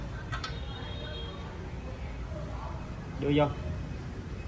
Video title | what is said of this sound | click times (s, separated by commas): Hướng dẫn xỏ chỉ, sử dụng máy làm khuy juki LBH-781 | mình đưa vô ha, mình đưa vô đúng khớp là nghe cái cạch nha. | 0.4 s